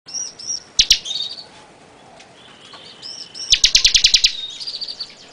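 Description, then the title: Bar-winged prinia song: bursts of rapid, dry ticking notes with thin, high whistled phrases between them. "Suara Burung Ciblek"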